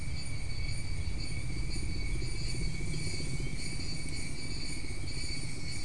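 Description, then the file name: Continuous high insect trilling in several bands, rather faint, above a strong low rumbling noise that runs through the whole recording. "mainly insect"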